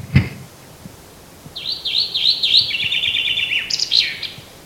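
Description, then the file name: Common chaffinch song after a dull thump: repeated downslurred notes accelerating into a fast dry trill and closing with a short emphatic flourish. "Fringilla coelebs"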